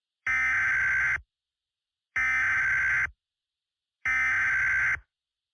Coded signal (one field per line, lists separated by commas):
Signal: Emergency Alert System (SAME) tones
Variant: header bursts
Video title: (eas scenario recreation) THE ORPHAN SOURCE (i was lazy asf)